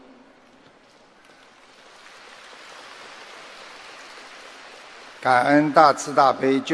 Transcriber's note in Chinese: 掌声